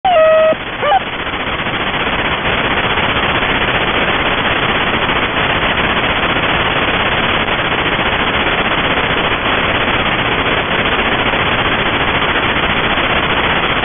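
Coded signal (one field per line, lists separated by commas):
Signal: channel marker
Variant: The Goose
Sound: short buzzy tone and chirps, then continuous rapid harsh cackling rattle, like machine-gun fire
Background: radio static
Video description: "The Goose" is a Russian military station that broadcasts on 4310 kHz at daytime and on 3243 kHz at nighttime.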